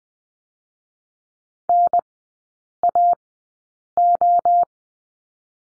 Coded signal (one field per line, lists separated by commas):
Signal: Morse code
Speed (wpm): 19 wpm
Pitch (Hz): 700 Hz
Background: none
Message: N A O